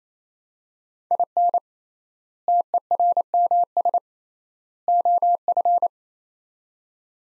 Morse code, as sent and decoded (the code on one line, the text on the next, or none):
.. -. / - . .-. -- ... / --- ..-.
IN TERMS OF